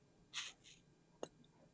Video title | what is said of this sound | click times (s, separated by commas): Sencut Watauga: Budget Button Lock for lightweight EDC! | you can hear a little click I don't know if you could hear that | 1.2 s